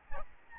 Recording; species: mosquito wingbeat signal from an infrared sensor; Aedes albopictus